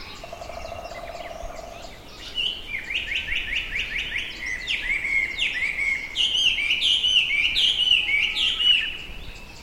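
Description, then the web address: Hwamei song: loud run of rapid, repeated down-slurred whistled phrases, roughly two per second, rising in strength toward the end, after a brief low steady hum. Hwamei mimicking aburazemi (large brown cicada); recording band-pass filtered. "abarazemi Hwamei mimic BPF"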